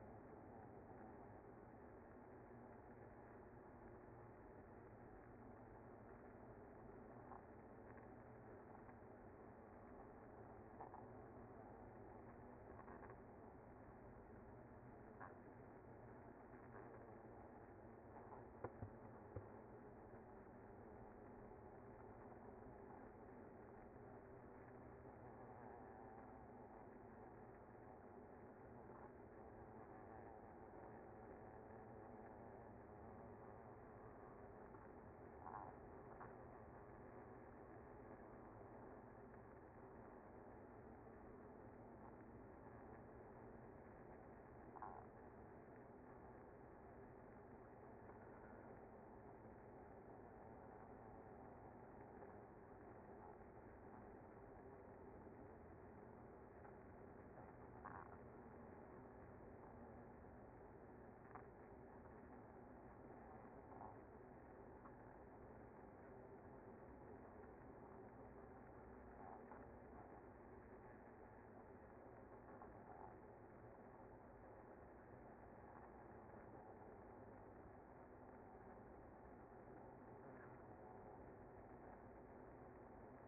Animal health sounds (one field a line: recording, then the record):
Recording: honeybee colony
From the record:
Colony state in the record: active